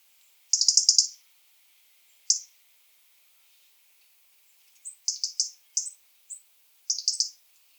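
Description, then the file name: European robin giving short, high, thin phrases of rapid twittering notes, with a long phrase near the start and a cluster of brief phrases later. "Erithacus rubecula"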